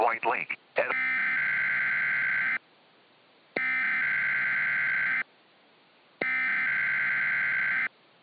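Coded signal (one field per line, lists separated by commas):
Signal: Emergency Alert System (SAME) tones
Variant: header bursts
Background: speech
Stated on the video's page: A fictional EAS scenario of alerts for a polar vortex bringing heavy snow and extreme cold.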